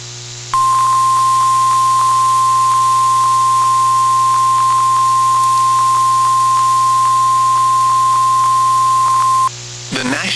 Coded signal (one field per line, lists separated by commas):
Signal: Emergency Alert System (SAME) tones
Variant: 1050 Hz attention tone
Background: speech